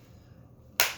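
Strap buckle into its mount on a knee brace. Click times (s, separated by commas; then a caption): 0.8 s. A strap buckle on a plastic knee brace is rotated and pressed down into its mount. After a quiet stretch of low handling noise, a single sharp, loud snap rings out at 0.8 s, and the buckle is seated in place.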